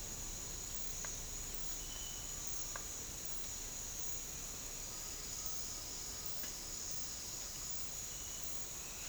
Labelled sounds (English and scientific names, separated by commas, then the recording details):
none
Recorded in dense forest near Puerto Asís, Putumayo, Colombia, on 4 March 2025 at 08:30
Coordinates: 0.484, -76.325
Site G045